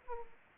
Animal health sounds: mosquito wingbeat signal from an infrared sensor; Aedes aegypti

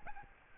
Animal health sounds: mosquito wingbeat signal from an infrared sensor; Aedes albopictus

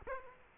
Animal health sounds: mosquito wingbeat signal from an infrared sensor; Aedes aegypti

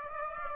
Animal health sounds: mosquito wingbeat signal from an infrared sensor; Aedes aegypti

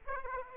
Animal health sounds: mosquito wingbeat signal from an infrared sensor; Aedes aegypti

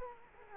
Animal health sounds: mosquito wingbeat signal from an infrared sensor; Culex quinquefasciatus

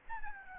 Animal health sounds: mosquito wingbeat signal from an infrared sensor; Aedes albopictus

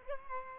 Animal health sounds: mosquito wingbeat signal from an infrared sensor; Aedes albopictus

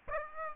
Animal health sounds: mosquito wingbeat signal from an infrared sensor; Aedes aegypti

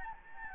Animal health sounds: mosquito wingbeat signal from an infrared sensor; Anopheles gambiae

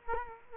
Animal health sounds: mosquito wingbeat signal from an infrared sensor; Culex quinquefasciatus

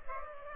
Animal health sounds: mosquito wingbeat signal from an infrared sensor; Culex pipiens

